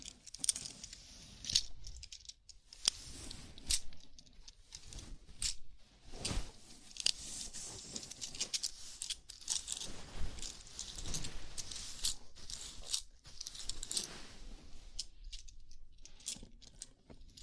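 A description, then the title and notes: A scalp massage, heard as close, crisp scratching and rubbing of fingers through hair. The bright, crackly strokes come in uneven bursts every second or so, with brief quiet gaps and soft low thumps under some of them. ASMR Sleepy Scalp Massage (No Talking).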